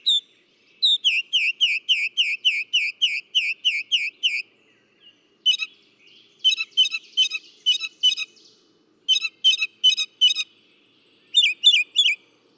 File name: Northern Mockingbird